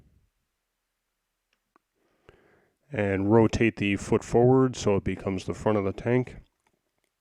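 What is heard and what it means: During the transformation of a Fans Toys FT-41 Sheridan (Warpath) figure, the plastic foot is handled and rotated forward to become the front of the tank. A few faint, brief ticks occur around 1.5, 1.8, 2.3 and 6.7 seconds, and someone talks from about 2.9 to 6.5 seconds. Nothing has seated or clicked into place yet.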